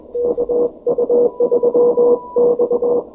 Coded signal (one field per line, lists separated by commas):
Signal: Morse code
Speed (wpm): 21 wpm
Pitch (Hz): 500 Hz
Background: none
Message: KU3X